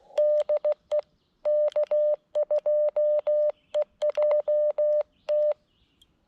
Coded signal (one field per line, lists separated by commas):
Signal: Morse code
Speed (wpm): 16 wpm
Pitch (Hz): 600 Hz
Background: none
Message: DE K2EJT